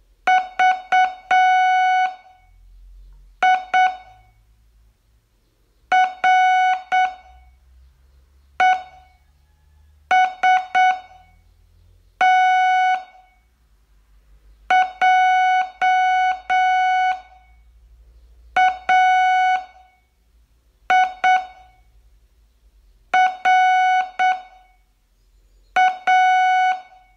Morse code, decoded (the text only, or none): VIREST JAIRA